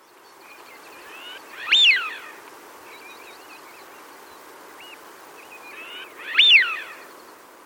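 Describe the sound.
Eurasian wigeon giving two loud whistled calls that rise and then fall steeply, about five seconds apart, with softer whistled notes in between and a steady background hiss.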